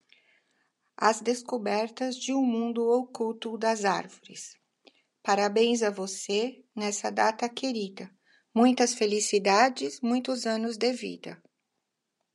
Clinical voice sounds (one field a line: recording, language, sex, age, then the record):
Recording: short text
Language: Brazilian Portuguese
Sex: female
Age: 60 to 69 years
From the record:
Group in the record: control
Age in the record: 60 years